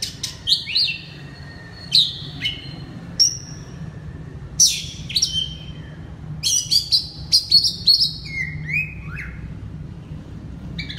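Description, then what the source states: Oriental magpie-robin song: loud, clear whistled phrases with sharp upslurs, given in bursts separated by short pauses. Loud 'ngeplong' song style of the kacer.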